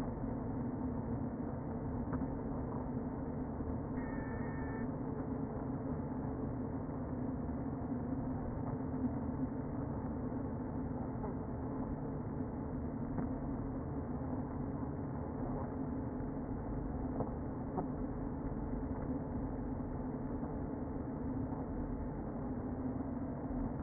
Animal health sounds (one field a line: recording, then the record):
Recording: honeybee colony, microphone inside the hive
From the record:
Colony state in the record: queen present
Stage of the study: before two queens were removed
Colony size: about 60,000 bees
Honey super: yes